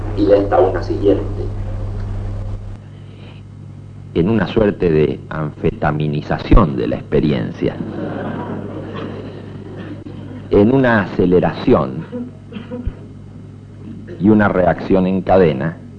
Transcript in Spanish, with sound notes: y de esta a una siguiente en una suerte de anfetaminización de la experiencia, (risas) en una aceleración y en una reacción en cadena,